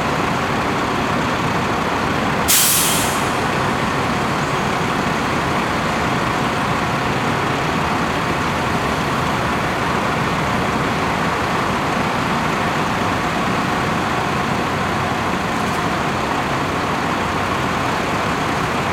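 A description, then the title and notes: A bus idles in place, its engine a steady, dense rumble with a constant mid-range drone that hardly changes over the whole stretch. Around the two-and-a-half-second mark a sharp hiss of air brakes cuts through, and a fainter hiss follows near the end. Bus Waiting to Depart Ambience.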